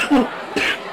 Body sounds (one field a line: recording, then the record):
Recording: coughing mixed with background sound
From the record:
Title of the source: 64 coughing, allergies, singing lungs